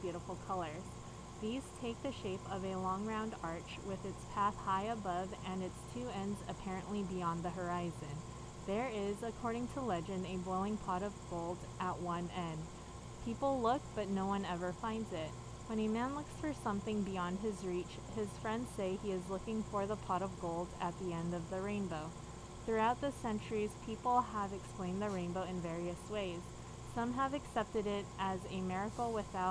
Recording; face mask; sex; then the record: reading aloud; surgical mask; female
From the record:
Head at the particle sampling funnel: turned sideways, cheek in front of it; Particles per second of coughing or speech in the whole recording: 0.0847